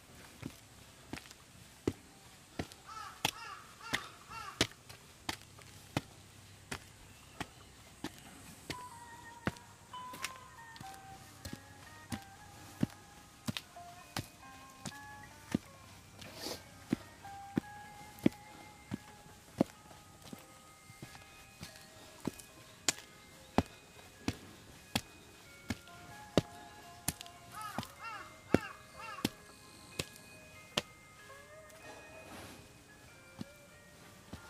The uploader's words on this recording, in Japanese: 環境音 夏山を歩く。